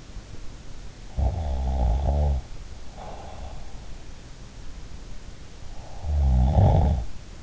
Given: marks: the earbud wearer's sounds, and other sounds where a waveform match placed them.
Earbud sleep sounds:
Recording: sounds in sleep by an in-ear microphone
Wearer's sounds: snoring breath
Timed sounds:
1.22-3.48 s: snoring breath
5.81-7.42 s: snoring breath

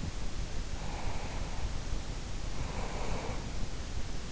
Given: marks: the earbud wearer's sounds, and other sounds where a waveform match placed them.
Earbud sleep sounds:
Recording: sounds in sleep by an in-ear microphone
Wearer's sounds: breath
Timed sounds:
1.06-3.73 s: breath

